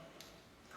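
A hop-up adjustment piece is lined up at the muzzle end of a G&G SMC-9 airsoft gas blowback SMG and pushed into place. A single short, sharp click is heard at 0.2 s against a quiet background. The piece seats on the barrel end and sits flush with the flash hider.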